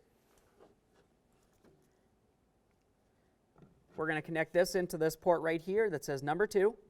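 A black wire terminal is handled for insertion into port number two of the door wiring connector while replacing the front window regulator on a 2009-2020 Dodge Journey. Faint, quiet handling noises come through the first few seconds, with a small soft tap near 3.6 s, and from about 4 s someone talks. Nothing has seated or clicked yet.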